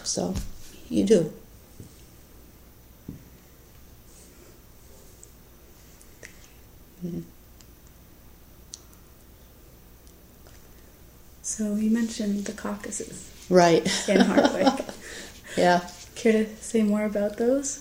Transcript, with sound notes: So, you do.
So, you mentioned the caucuses.
Right! [laughs] Yeah.
Care to say more about those?